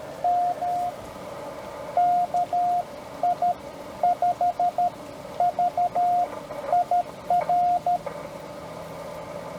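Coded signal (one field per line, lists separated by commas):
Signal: Morse code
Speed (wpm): 17 wpm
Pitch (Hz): 690 Hz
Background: radio noise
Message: M KI5VIR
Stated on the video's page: POTA CW callsign copy practice; station uses TR45L Skinny, MC-750 vertical whip with four radials, Palm Radio Pico key, battery power.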